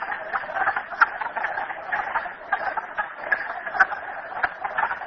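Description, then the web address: Frog chorus of dense, overlapping trills and clicks, mid-pitched and continuous, with brief louder bursts. Frogs recorded at Merryspring. "audio frogs merryspring 42008"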